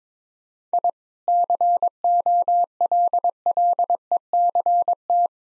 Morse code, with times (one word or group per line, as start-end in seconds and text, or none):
0.7-0.9 I
1.3-5.3 COLLECT